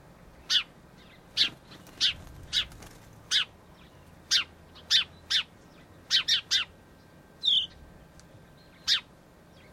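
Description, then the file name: House sparrow chirps, short bright calls given singly and in quick pairs at irregular intervals, with a faint low hum underneath. "Passer domesticus"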